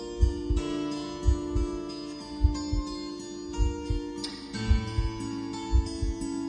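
A man's own normal heartbeat, heard with sustained musical tones as the intro just before a song begins.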